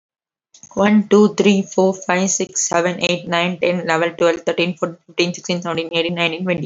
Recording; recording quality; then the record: counting at a fast pace; excellent, no background noise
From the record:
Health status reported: healthy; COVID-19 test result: negative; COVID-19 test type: RT-PCR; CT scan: not taken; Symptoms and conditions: cough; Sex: female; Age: 23 years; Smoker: no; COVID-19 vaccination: one dose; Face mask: worn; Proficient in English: yes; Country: India